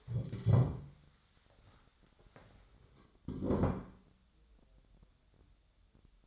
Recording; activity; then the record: daily activity, microphone in the room; stand up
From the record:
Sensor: 3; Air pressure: 1015.2 hPa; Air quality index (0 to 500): 168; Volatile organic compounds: 13 ppm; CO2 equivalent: 2402 ppm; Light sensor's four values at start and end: 14/37/15/16 and 11/28/11/13